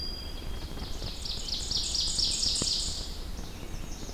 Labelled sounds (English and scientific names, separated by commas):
Ovenbird (Seiurus aurocapilla) song